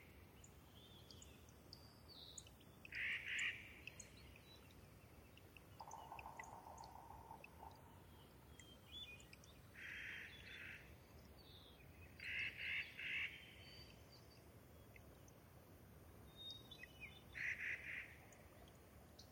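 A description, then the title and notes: A steady, soft wash of trickling water runs through the whole recording from the wet meadow. Over it, birds call in short bright bursts around 3, 10, 12 to 13 and 17 seconds, and a lower, longer call sounds near 6 to 7 seconds. Thirtymile Meadows is a wet, subalpine meadow high in the Okanogan National Forest. A natural shallow bowl, it collects meltwater from each winter and slowly drains away through innumerable soft tinkling streams. When I visited in the Summer of 2019 I was never certain where the next morning's dawn chorus would arrive from.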